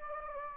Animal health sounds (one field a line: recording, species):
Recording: mosquito wingbeat signal from an infrared sensor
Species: Anopheles gambiae